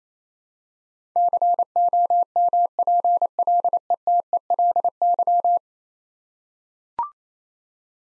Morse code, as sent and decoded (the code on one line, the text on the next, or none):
-.-. --- -- .--. .-.. . - . .-.. -.--
COMPLETELY